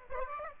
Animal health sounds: mosquito wingbeat signal from an infrared sensor; Aedes aegypti

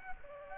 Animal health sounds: mosquito wingbeat signal from an infrared sensor; Aedes aegypti

